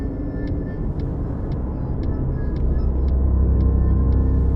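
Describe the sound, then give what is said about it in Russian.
A taxi approaches cars idling in a traffic jam at an intersection, a steady low engine rumble that swells slightly toward the end, with faint, evenly spaced high ticks repeating throughout. “Такси подъезжает к затору на перекрестке. Машины стоят в пробке.”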